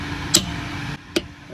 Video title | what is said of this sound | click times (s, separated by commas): 2011-2015 Hyundai Sonata/Kia Optima Front Brakes | hear the click and then | 0.4 s, 1.2 s